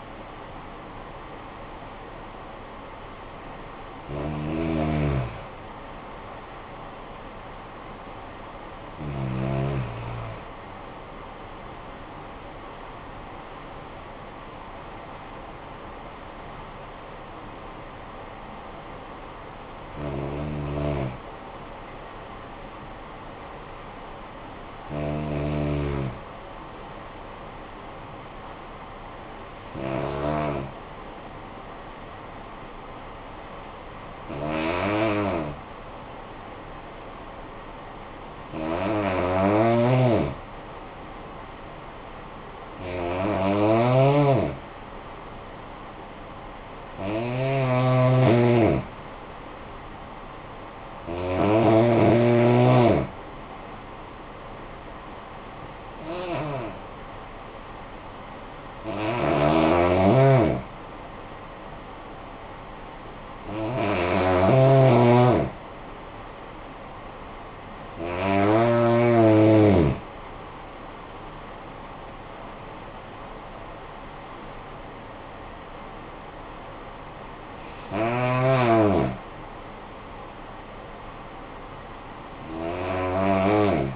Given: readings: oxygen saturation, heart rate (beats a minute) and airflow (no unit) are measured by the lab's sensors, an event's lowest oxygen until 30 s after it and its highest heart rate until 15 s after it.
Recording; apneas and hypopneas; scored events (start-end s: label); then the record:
breathing in sleep by a voice recorder at the bedside; 1
15.00-83.96 s: new sleep stage, N2 (light sleep)
25.00-40.80 s: hypopnea (N2, oxygen 97% highest, then 91% lowest, heart rate 49 at the start, 55 highest)
From the record:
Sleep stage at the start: N1 (lightest sleep); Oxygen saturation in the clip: 91 to 97%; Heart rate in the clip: 48 to 71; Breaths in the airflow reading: 17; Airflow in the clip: -11.7 to 10.5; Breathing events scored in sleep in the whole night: 445 in 7.6 hours asleep